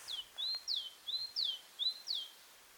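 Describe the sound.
Great tit song: a high two-note phrase, a falling sweep then a steadier note, repeated about three and a half times in quick succession.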